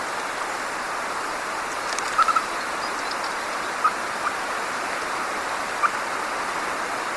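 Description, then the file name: Siberian chipmunk calling with short, clicky chips: a quick burst of three, then two single chips about two seconds apart, against constant rushing water-like noise. Recorded in Altai. "Siberian chipmunk Eutamias sibiricus Swetlana Meshcheryagina Altai"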